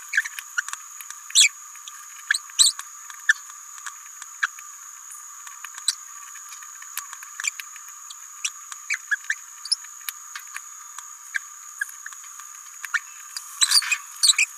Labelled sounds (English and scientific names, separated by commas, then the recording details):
Green-rumped Parrotlet (Forpus passerinus) babbling
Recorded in a nest box in Venezuela
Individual 18B17A3